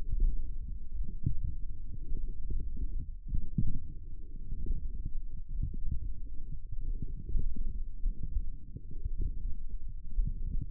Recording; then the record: forearm muscle sounds (acoustic myography)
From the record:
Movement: forearm supination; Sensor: system 1, eight BSWA MPA416 microphones around the upper forearm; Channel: 8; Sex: male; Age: 18 years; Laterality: right